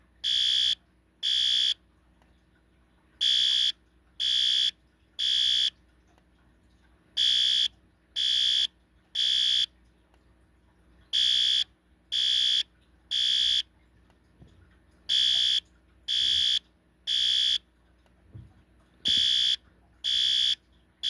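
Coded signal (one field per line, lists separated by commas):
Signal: alarm pattern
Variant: electronic fire alarm horn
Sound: harsh buzzing horn blasts in groups of three, repeating after short pauses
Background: low background hum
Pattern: temporal three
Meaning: Temporal-3 fire alarm pattern signalling everyone to evacuate the building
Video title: System Sensor L Series Temporal Code 3 Fire Alarm Sound Effect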